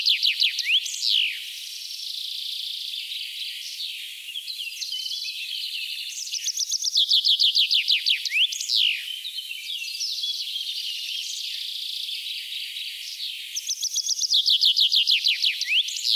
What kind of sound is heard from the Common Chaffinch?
song